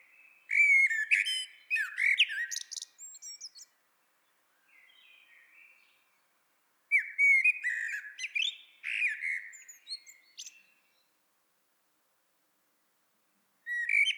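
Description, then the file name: Common blackbird song: mellow fluted warbling phrases ending in high scratchy twitters, two full phrases separated by pauses, a quieter phrase between, clean quiet background. "Turdus merula"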